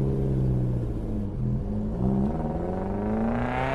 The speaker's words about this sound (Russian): прислушиваясь к мотору пескохода, пока звук не затих вдали